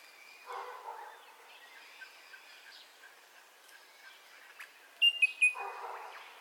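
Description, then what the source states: Birds calling, soft chirps, then a sharp, bright burst of high whistled call notes near the end, in fairly quiet surroundings. Dawn ambience with birdcalls, recorded in stereo.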